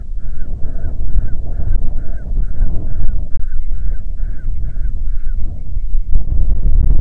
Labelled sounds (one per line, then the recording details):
grouse or ptarmigan
wind
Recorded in the Prudhoe Bay oil fields, Alaska, on 6 June 2019 at 03:41
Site 16